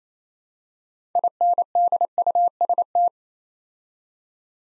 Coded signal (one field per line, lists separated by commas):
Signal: Morse code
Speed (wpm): 28 wpm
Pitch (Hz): 700 Hz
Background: none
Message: INDUST